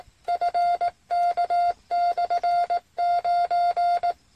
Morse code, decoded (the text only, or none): FK/9